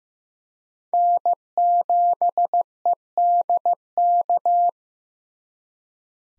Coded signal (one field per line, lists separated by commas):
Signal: Morse code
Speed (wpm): 15 wpm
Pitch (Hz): 700 Hz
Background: none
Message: N7EDK